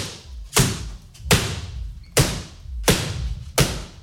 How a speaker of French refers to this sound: Ah là là, la chaise bouge, les gars. Putain, la chaise! Repassez la chaise! Tenez la chaise, bloquez la chaise avec le pied,